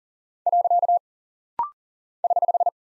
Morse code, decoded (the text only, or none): . <HH>